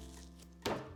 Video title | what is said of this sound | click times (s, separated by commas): I Took the Fire Maple Star X3 Camping - Here's My Honest Verdict | It's locked in place, and you get your saucepan | 0.7 s